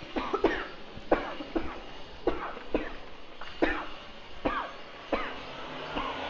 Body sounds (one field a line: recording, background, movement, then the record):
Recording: voluntary coughing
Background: traffic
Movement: walking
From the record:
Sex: female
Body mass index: 36.4 kg/m2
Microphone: on the chest, facing outward